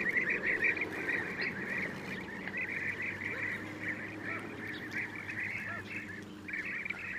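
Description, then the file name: European bee-eaters calling, a dense chorus of rolling, burry notes overlapping continuously, with a steady low droning hum underneath. "gyurgyalag"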